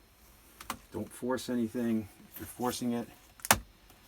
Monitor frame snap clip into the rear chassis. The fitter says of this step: snap snap all the way around you should hear that audible click